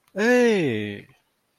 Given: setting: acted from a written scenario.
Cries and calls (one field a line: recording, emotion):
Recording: vocal sound without words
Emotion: positive surprise